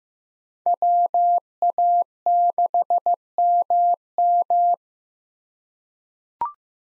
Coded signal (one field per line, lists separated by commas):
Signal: Morse code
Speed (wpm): 15 wpm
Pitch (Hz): 700 Hz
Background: none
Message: WA6MM